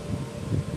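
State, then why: Not seated. The throttle linkage rod is being handled while it is fitted into the carburetor throttle lever during reassembly of a cleaned Kohler 23 hp small-engine carburetor. Only a low, steady rumble with faint broadband hiss is heard for the 0.8 seconds. Nothing has seated or clicked yet.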